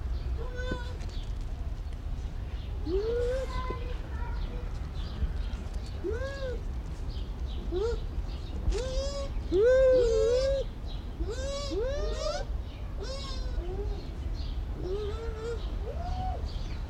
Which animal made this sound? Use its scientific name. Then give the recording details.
Speothos venaticus. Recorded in captivity. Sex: pair. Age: adult. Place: Zoo Berlin, Berlin, DE. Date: 1994-10-01 11:47. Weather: wolkig (Regen)-heiter, 12°C. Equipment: Marantz CP 430, Sennheiser ME 80, Kopie Uher Variocord 263. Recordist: Tembrock, Günter. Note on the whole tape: Paar: umherlaufend, diverse Lautformen